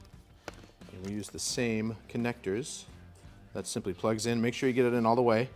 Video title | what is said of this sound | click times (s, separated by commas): Ciro Lighted License Plate Frame Install | press that that pops right off and | 0.5 s